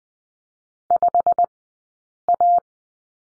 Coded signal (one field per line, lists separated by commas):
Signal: Morse code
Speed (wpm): 20 wpm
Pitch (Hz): 700 Hz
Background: none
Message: 5A